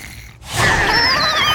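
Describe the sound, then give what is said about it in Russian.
Loud snoring from the cartoon bird Woodstock, asleep in a sleeping bag on the wall of a space station, bursts in after a brief lull: a harsh rasping breath with a thin whistling tone sliding slowly downward, sustained to the end with no talking. “Снупи недоволен храпом друга.”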